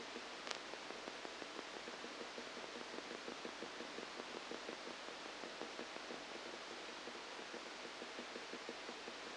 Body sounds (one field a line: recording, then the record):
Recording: brain microelectrode recording played as sound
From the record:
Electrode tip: outside the subthalamic nucleus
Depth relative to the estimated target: -6 mm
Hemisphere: left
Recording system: NeuroSet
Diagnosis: Parkinson's disease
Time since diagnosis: 8 years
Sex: male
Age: 37 years